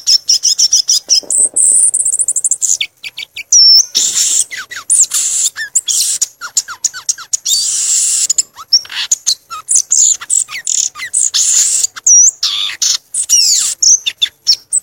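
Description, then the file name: Violaceous euphonia song: a busy, nearly continuous stream of very high chips, downslurred notes and buzzy trills. "canto do gaturamo verdadeiro"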